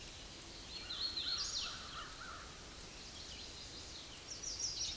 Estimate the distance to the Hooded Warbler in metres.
about 45 m